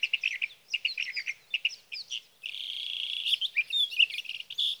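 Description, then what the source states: Sage thrasher song, clusters of short chirpy notes followed by a long buzzy sustained phrase and sharp whistled slurs. Male singing through the night near his night roost, evenings June 12 to mornings June 15, 2018, Sierra Valley, California; Swift recorder.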